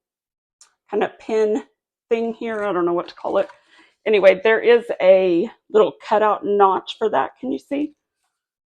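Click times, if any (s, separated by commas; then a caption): none. A food processor attachment with a pin is handled in front of a KitchenAid stand mixer's attachment hub, lined up with the small cutout notch on the hub. A faint tick is heard near 0.6 s, then someone talks through most of the clip. Nothing has seated or clicked yet.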